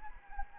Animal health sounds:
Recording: mosquito wingbeat signal from an infrared sensor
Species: Anopheles gambiae

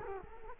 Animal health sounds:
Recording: mosquito wingbeat signal from an infrared sensor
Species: Culex quinquefasciatus

